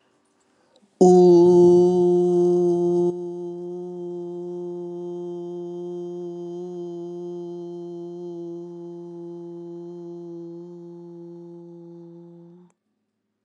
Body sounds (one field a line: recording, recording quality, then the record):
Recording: sustained vowel as in boot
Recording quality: excellent, no background noise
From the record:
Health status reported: respiratory illness, not identified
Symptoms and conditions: hypertension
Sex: male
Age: 45 years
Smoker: not ticked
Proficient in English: yes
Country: Canada